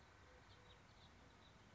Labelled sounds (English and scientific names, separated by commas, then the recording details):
House Finch (Haemorhous mexicanus)
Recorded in Sonoma County, California